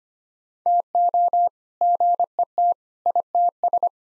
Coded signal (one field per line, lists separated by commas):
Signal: Morse code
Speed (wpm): 25 wpm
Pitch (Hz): 700 Hz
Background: none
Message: TO GET ITS